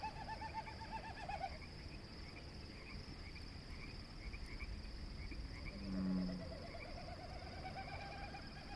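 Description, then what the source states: Wilson's Snipe winnowing, a tremulous pulsed hooting that quavers, at the start and again in the second half, with one low croak and a constant high drone. Sound made by the tail, not the voice; evening chorus with bullfrogs at Conboy Lake National Wildlife Refuge, May 13, 2016; first mistaken for frogs.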